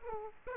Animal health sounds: mosquito wingbeat signal from an infrared sensor; Aedes aegypti

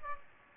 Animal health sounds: mosquito wingbeat signal from an infrared sensor; Aedes aegypti

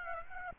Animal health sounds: mosquito wingbeat signal from an infrared sensor; Aedes aegypti

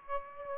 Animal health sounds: mosquito wingbeat signal from an infrared sensor; Aedes aegypti

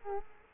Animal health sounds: mosquito wingbeat signal from an infrared sensor; Culex quinquefasciatus

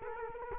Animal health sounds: mosquito wingbeat signal from an infrared sensor; Culex quinquefasciatus

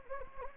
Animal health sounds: mosquito wingbeat signal from an infrared sensor; Anopheles gambiae

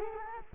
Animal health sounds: mosquito wingbeat signal from an infrared sensor; Culex quinquefasciatus

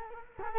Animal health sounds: mosquito wingbeat signal from an infrared sensor; Culex quinquefasciatus

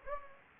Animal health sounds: mosquito wingbeat signal from an infrared sensor; Anopheles gambiae

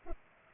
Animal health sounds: mosquito wingbeat signal from an infrared sensor; Culex pipiens

